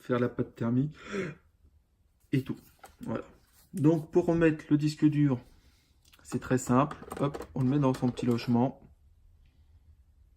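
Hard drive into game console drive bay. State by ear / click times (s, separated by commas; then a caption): not seated / none. Someone talks while a hard drive is placed into the small bay at the back of a game console, lined up before being pushed home with the thumb. Only speech and faint handling are heard, and the drive has not clicked into place yet.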